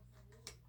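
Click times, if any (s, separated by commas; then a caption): 0.5 s. A plastic gimbal protector is lined up on the camera gimbal of a 2025 DJI Mavic 2 Pro drone and pushed home over a steady low hum. A single sharp click at 0.5 seconds confirms the protector has seated in place.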